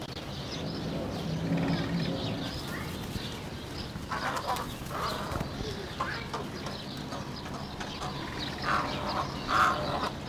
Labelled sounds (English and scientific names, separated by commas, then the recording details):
White-faced Heron (Egretta novaehollandiae)
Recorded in captivity
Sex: pair
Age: adult
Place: Tierpark Berlin, Berlin, DE
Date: 1992-04-04 11:25
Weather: bedeckt, 5-8°C
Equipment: Nagra SN, Mikrofon AKG CK 8, Kopie Tesla B 116
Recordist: Tembrock, Günter